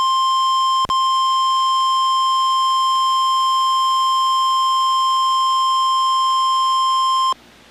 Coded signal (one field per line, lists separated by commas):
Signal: Emergency Alert System (SAME) tones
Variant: 1050 Hz attention tone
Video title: NOAA Weather Radio - Weekly EAS Test - 2/8/17